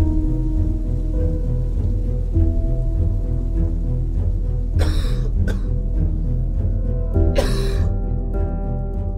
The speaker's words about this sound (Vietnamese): Có tiếng ho khụ khụ vang lên từng chập trong ngôi nhà nhỏ trên đỉnh núi. Đã mấy ngày hôm nay, tiếng ho xem chừng không ngớt, mà lại vang lên nhiều hơn vào mỗi buổi đêm.